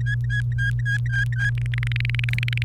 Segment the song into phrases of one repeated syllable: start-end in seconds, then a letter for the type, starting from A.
0.01-1.50 A, 1.58-2.62 B